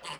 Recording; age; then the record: pig call; piglet (1 to 25 days)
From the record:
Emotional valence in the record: negative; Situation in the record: restrain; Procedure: back test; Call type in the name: low-frequency call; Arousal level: maximum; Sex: male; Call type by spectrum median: low-frequency call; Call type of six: low-frequency stable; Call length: 0.20 s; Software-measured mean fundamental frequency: 76 Hz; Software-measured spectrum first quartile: 994 Hz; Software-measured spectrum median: 2137 Hz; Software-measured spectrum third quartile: 3760 Hz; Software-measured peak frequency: 1007 Hz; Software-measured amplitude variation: 149 dB a second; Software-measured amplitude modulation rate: 7.4 a second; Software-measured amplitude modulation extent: 20.3 dB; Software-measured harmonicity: 0.5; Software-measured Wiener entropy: -0.99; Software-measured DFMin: 789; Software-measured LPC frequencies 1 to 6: 989, 2058, 2866, 4605, 5659, 6650 Hz